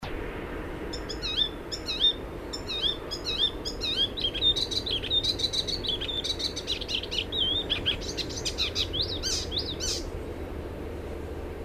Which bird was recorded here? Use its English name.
Icterine Warbler